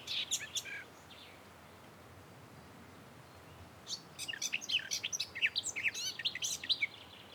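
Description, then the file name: Eurasian blackcap song: a brief warbled fragment, a quiet gap, then a loud fast phrase of varied chattering and whistled notes lasting about three seconds. "Sylvia atricapilla"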